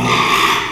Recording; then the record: squeal of a Yucatan mini pig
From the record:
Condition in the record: after surgery on the right vocal fold (resection and tissue-engineered implant); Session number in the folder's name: 1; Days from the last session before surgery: 6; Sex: male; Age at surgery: 12 weeks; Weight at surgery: 13 kg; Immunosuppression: cyclosporine, prednisolone